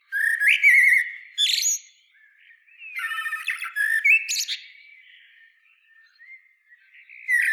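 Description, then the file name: Common blackbird song: fluty whistles and squeaky high twitters, a short pause, then a longer phrase of fluty and twittering notes, softer warbles and a final fluty note. "Turdus merula"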